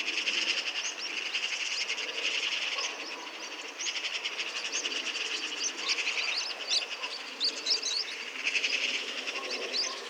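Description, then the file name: Eurasian magpie rattling almost continuously in rough pulsed runs, mixed with high chirps from other birds. "Pica pica"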